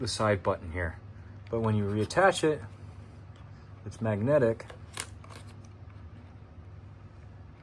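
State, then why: Seated. Someone talks, then a detachable game controller is slid onto the side rail of a Nintendo Switch handheld console, where it is held magnetically. It latches into place with a sharp click at 5.0 s, followed by a few fainter taps, and the controller is seated.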